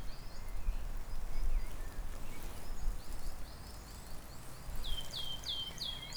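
Caspian tit song arriving late: four sharp downslurred whistled notes in quick succession, with faint chirps earlier and a low rumbling background.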